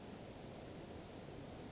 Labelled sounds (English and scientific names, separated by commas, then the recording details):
Western Flycatcher (Empidonax difficilis)
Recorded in Sonoma County, California